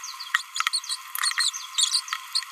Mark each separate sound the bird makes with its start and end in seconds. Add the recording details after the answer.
0.73-0.79, 0.90-0.95, 1.38-1.50, 1.78-2.00. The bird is a male. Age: 27 days. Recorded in a nest box in Venezuela. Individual 17B31A2